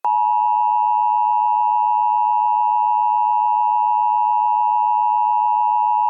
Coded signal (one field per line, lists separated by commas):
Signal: Emergency Alert System (SAME) tones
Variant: 853 and 960 Hz attention tone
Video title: EAS Mini Mock #3: The Virus of all Viruses.